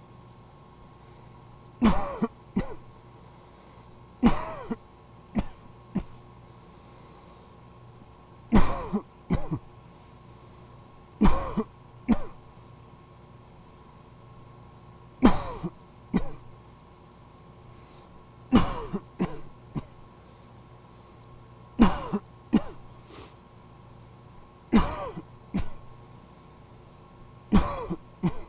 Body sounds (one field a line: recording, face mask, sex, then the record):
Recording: voluntary coughing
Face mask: surgical mask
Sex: male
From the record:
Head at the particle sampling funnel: tilted down, bridge of the nose in front of it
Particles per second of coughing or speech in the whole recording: 5.54